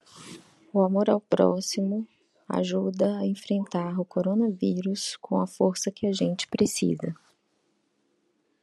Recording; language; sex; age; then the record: spoken sentence; Brazilian Portuguese; female; 40 to 49 years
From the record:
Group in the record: control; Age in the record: 42 years